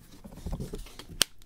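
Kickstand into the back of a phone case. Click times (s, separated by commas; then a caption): 1.2 s. The kickstand on a second phone case for a Samsung Galaxy S24 is folded shut into the back of the case. After some low handling rustle, it snaps back into place with a sharp click at 1.2 seconds, seating flush.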